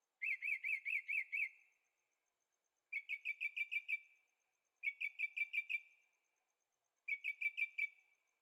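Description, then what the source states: Bird song in four phrases, each a rapid run of several bright chirped notes, with short pauses between the phrases. Birds singing at night in Carefree, Arizona; recorded in stereo on a Zoom H6.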